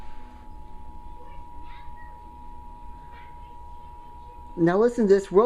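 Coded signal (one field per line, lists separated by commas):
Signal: Emergency Alert System (SAME) tones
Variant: 853 and 960 Hz attention tone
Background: speech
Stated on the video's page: Required monthly test heard on radio and TV.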